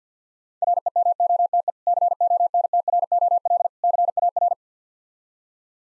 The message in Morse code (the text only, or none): REMOTE CONTROL CAR